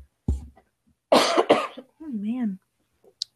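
Two harsh, explosive coughs come in quick succession after a brief low throat sound, from an adult woman coming down with a slight cold. A short wavering voiced hum follows. A plain adult cough in a quiet small room.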